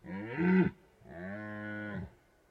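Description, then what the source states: Red deer stag giving two drawn-out, deep harmonic roars, the first louder and shorter, the second steadier and longer. Stags rutting in the Carpathian Mountains, Bucovina, Romania.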